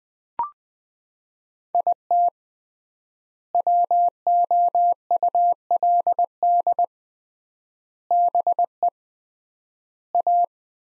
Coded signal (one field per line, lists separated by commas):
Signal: Morse code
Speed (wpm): 20 wpm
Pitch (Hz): 700 Hz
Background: none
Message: IT WOULD BE A